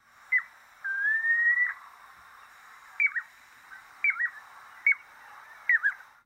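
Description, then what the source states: Piping Plover giving clear whistled calls: a short note, then one long, slightly rising whistle, then several short piping notes with quick down-up inflections, spaced about a second apart. Shorebird described as winsome.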